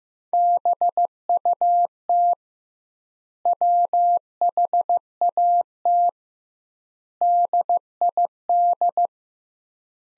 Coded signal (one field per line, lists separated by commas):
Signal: Morse code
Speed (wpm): 15 wpm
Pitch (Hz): 700 Hz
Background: none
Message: BUT WHAT DID